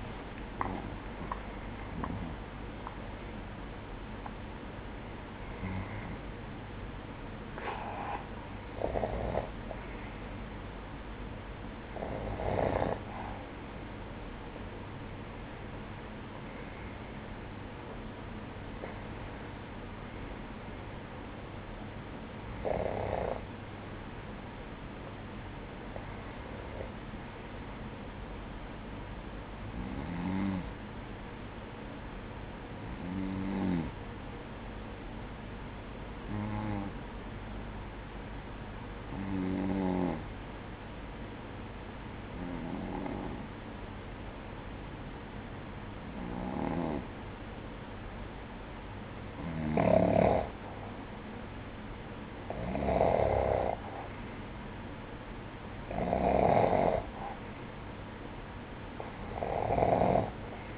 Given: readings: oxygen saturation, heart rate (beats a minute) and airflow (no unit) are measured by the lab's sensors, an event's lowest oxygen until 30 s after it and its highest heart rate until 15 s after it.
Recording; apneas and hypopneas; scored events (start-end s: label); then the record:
breathing in sleep by a voice recorder at the bedside; 1
0.00-14.00 s: awake
11.00-41.00 s: new sleep stage, N1 (lightest sleep)
28.00-54.00 s: hypopnea (N1, oxygen 96% highest, then 93% lowest, heart rate 58 at the start, 65 highest)
41.00-60.78 s: new sleep stage, N2 (light sleep)
From the record:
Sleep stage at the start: awake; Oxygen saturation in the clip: 95 to 96%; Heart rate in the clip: 52 to 83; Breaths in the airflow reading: 17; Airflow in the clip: -9.3 to 9.3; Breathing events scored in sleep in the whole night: 180 in 6.7 hours asleep